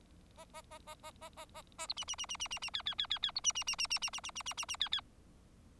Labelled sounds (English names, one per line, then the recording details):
Bengalese Finch song
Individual Bird4